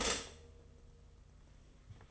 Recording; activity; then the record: daily activity, microphone in the room; stop toaster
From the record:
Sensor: 4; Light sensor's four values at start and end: 18/63/23/24 and 18/63/23/24